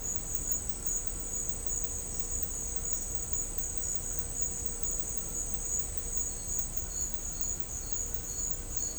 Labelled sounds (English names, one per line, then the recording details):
none
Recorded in dense forest near Puerto Asís, Putumayo, Colombia, on 22 December 2024 at 10:00
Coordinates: 0.500, -76.322
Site G053